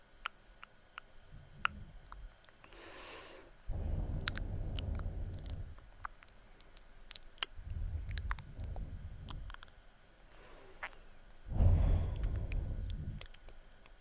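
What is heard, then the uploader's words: Slow face touching comes through as soft, low rubbing swells lasting a couple of seconds each, around 2, 4, 7.5 and 11.5 seconds, the last the fullest. Between them, quiet mouth sounds make scattered bright clicks and small smacks. ASMR VERY Tingly Slow Face Touching and Soft Mouth Sounds.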